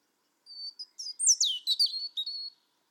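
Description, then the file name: European robin song: one phrase starting with a thin steady whistle, then quick sliding and falling notes, closing on a level high tone. "Erithacus rubecula"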